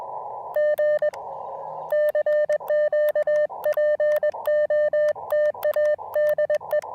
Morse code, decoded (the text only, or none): G CQ POTA DE